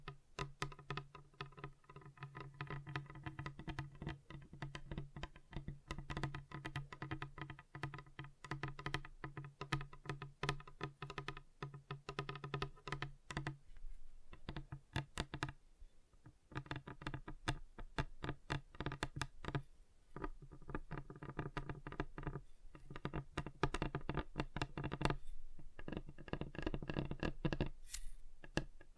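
Fingers tap on a table in quick, dense, uneven bursts, with a steady low hum underneath and brief pauses around 14 and 20 seconds.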